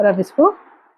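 A metal lock clasp is being handled on the flap of a finished crochet bag, while someone talks throughout. Nothing has clicked or locked yet; the clip ends just before the clasp closes.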